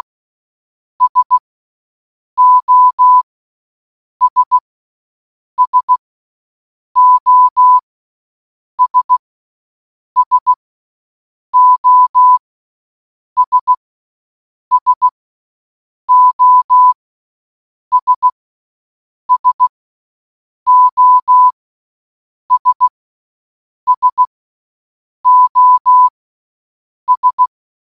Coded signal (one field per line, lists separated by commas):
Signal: Morse code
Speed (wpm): 16 wpm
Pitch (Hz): 1000 Hz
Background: none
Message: SOS SOS SOS SOS SOS SOS